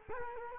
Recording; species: mosquito wingbeat signal from an infrared sensor; Culex quinquefasciatus